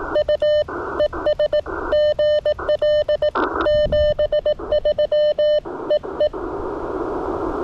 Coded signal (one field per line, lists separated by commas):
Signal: Morse code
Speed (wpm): 16 wpm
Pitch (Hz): 590 Hz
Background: none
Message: U ES GL 73 EE